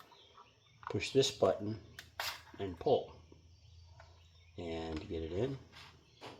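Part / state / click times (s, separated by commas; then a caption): battery pack into a mini drone's battery bay / not seated / none. Someone talks while handling the plastic battery pack of a Ruko U11MINI 4K mini drone, getting it ready to push back into its battery bay. Only speech and faint handling sounds are heard. Nothing has seated or clicked yet.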